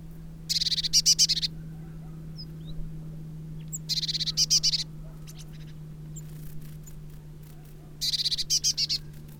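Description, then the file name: Eurasian blue tit churrs in three quick rattling bursts of fast, high, buzzy notes, roughly every three to four seconds, with a constant low drone behind. "Cyanistes caeruleus"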